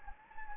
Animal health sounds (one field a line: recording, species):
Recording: mosquito wingbeat signal from an infrared sensor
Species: Anopheles gambiae